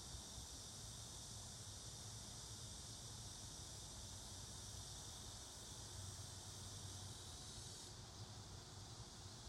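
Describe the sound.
Cicada buzz as a constant high shimmer over low rumbling background noise, its uppermost part cutting off shortly before the end.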